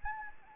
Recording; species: mosquito wingbeat signal from an infrared sensor; Anopheles gambiae